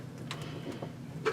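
A garbage disposer is held up to the sink flange mount while its metal mounting ring is turned with a small screwdriver to lock the cam in place. Light ticks and scrapes are heard, with a sharp tick at 0.3 s, softer ones near 0.7 and 0.8 s, and a brighter, louder rattle at the end. Nothing has seated or locked yet.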